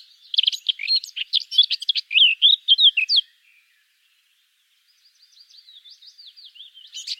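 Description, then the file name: Eurasian blackcap song, a fast scratchy warble of varied chirps for three seconds, then a quieter, softer run of twittering notes after a short pause. "Sylvia atricapilla"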